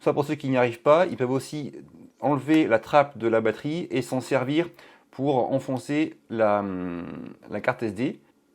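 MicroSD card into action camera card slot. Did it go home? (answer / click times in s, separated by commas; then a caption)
no / none. A microSD card is being pushed into the card slot of a GoPro 10 action camera using the edge of its removed battery door. Someone talks throughout, and no distinct mechanical sound stands out from the speech. The card has not yet seated or clicked into place by the end of the clip.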